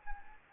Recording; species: mosquito wingbeat signal from an infrared sensor; Anopheles gambiae